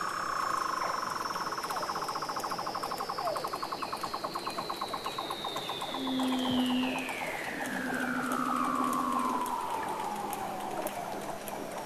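Weddell seal trill: a long whistle sliding steadily downward for about ten seconds over a fast pulsing buzz, with a few low steady tones beneath.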